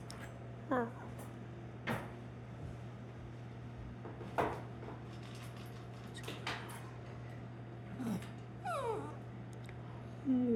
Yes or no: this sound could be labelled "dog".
yes